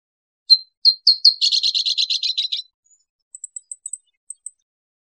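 Abert's towhee call series: three or four sharp chips run into a rapid buzzy chatter lasting about a second, followed by faint tiny high ticks.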